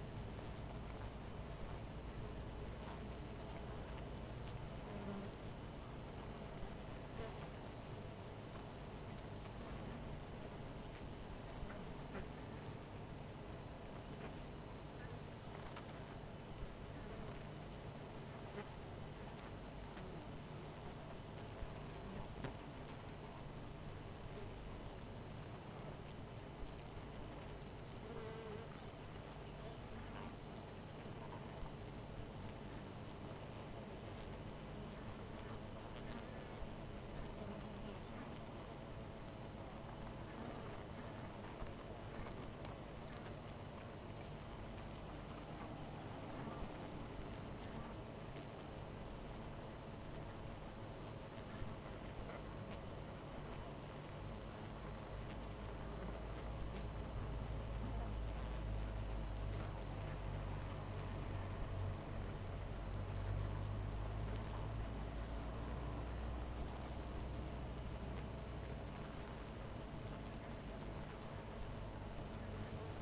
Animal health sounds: honeybee colony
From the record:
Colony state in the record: missing queen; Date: 14 July 2017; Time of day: 18:10

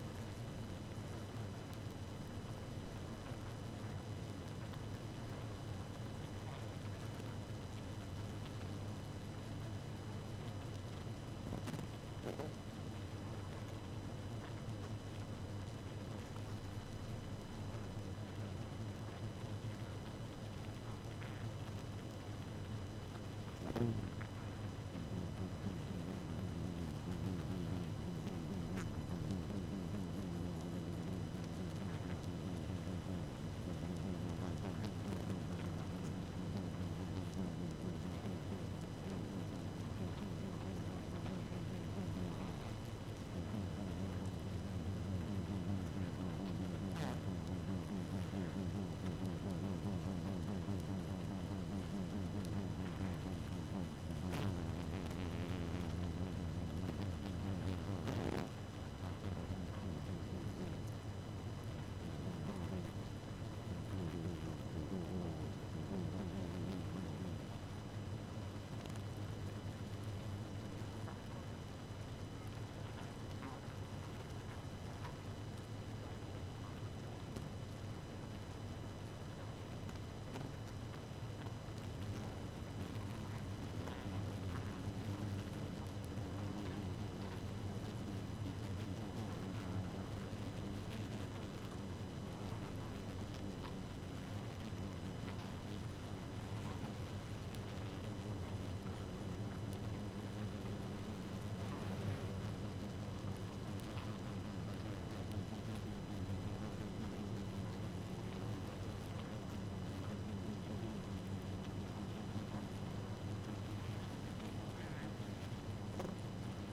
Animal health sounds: honeybee colony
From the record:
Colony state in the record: active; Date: 12 June 2018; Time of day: 0:52

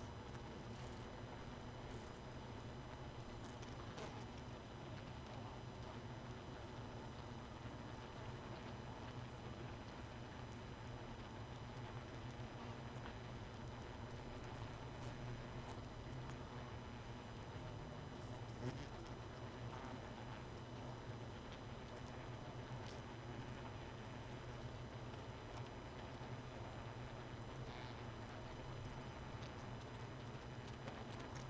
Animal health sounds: honeybee colony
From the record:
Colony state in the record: missing queen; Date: 31 May 2018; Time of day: 1:09

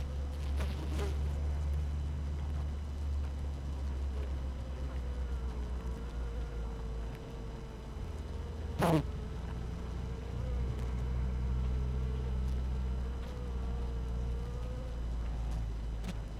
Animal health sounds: honeybee colony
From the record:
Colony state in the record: active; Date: 12 June 2018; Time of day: 6:42

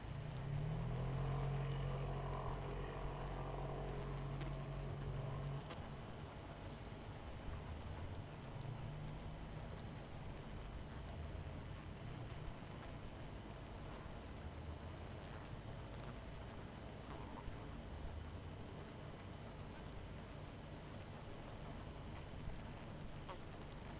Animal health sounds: honeybee colony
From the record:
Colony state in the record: missing queen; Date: 14 July 2017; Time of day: 23:50

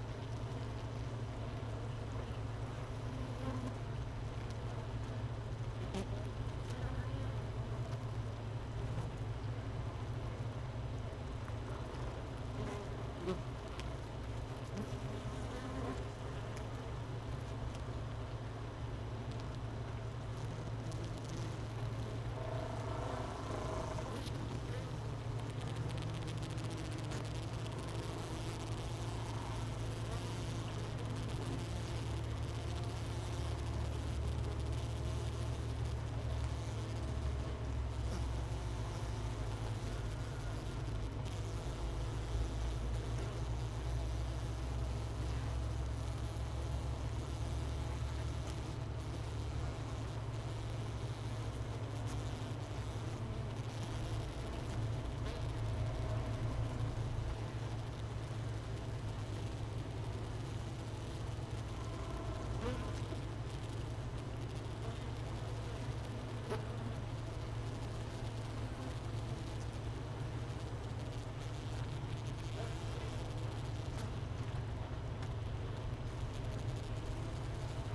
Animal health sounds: honeybee colony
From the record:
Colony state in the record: missing queen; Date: 31 May 2018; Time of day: 13:14

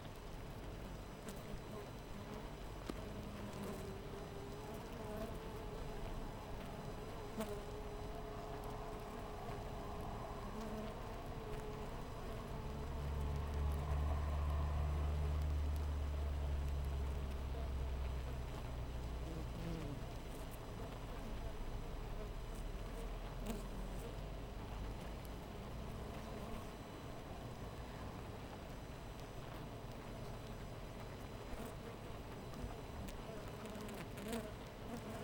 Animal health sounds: honeybee colony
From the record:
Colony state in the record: missing queen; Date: 14 July 2017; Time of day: 4:56

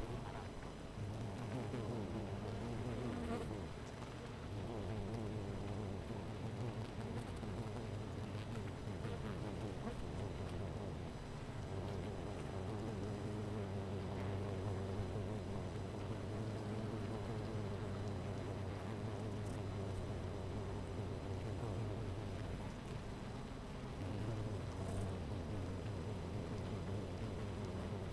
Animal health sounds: honeybee colony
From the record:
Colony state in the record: missing queen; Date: 14 July 2017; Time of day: 13:42

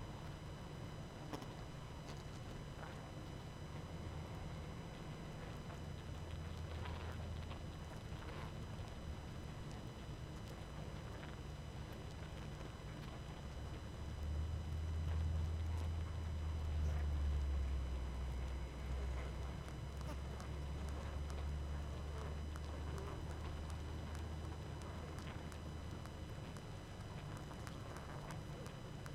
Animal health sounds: honeybee colony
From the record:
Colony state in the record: active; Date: 12 June 2018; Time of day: 20:26

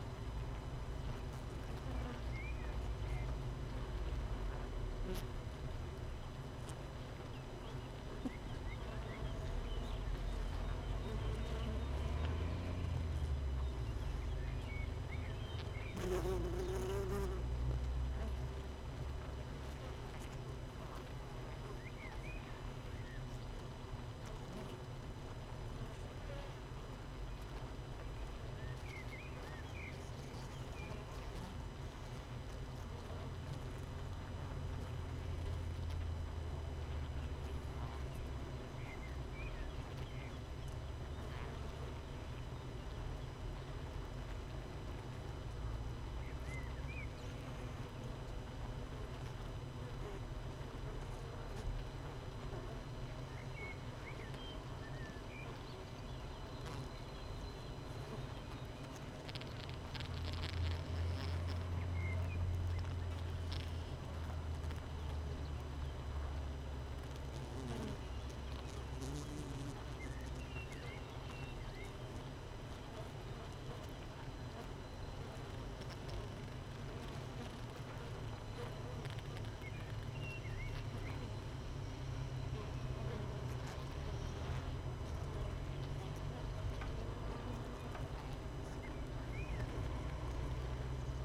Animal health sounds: honeybee colony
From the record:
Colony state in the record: missing queen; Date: 31 May 2018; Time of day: 6:57

